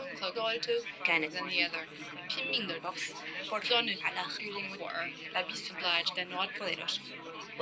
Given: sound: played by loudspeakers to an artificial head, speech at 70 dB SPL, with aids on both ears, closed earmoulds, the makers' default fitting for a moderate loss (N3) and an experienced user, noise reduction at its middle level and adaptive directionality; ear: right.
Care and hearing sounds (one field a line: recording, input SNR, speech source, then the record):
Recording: speech test signal (ISTS) in cocktail-party noise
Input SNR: -3 dB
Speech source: on the right (90 degrees)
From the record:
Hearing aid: class 2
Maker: I